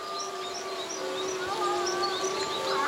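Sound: wolves howling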